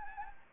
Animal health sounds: mosquito wingbeat signal from an infrared sensor; Anopheles gambiae

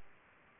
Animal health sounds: mosquito wingbeat signal from an infrared sensor; Culex pipiens

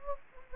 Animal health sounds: mosquito wingbeat signal from an infrared sensor; Anopheles gambiae

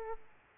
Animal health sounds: mosquito wingbeat signal from an infrared sensor; Aedes aegypti

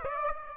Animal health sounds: mosquito wingbeat signal from an infrared sensor; Aedes aegypti

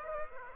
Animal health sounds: mosquito wingbeat signal from an infrared sensor; Aedes aegypti

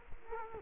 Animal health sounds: mosquito wingbeat signal from an infrared sensor; Culex quinquefasciatus

